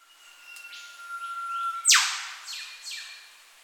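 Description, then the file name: Eastern whipbird whip call: a sustained level whistle snaps into a loud downward whip-crack, quickly followed by two shorter sweeping notes. Tropical setting. "zapsplat animals bird eastern whipbird"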